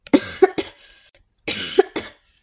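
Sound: hoarse coughing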